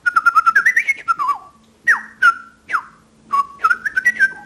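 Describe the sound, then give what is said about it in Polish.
A person in a garden whistles a birdlike tune imitating the song of blackbirds perched on pine treetops: quick trilled phrases, then several sharp downward-swooping notes and a final warbling run, all fairly loud with no talking. “Na czubkach sosny siadają kosy i pięknie śpiewają. Nawet próbuję się z tymi kosami przedrzeźniać.”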